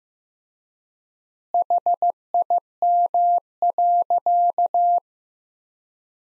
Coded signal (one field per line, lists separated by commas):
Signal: Morse code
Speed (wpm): 15 wpm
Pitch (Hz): 700 Hz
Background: none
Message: HIM.